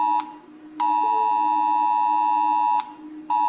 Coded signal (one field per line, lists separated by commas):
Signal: Emergency Alert System (SAME) tones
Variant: 853 and 960 Hz attention tone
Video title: Rating EAS Alarms